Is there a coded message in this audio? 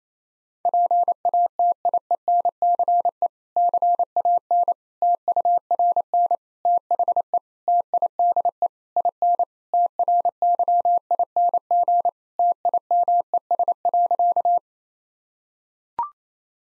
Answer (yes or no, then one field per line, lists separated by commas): yes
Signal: Morse code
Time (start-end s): 0.7-14.6 s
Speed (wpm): 28 wpm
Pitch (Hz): 700 Hz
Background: none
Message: PATIENCE CAN TURN THE TIDE IN TRYING TIMES.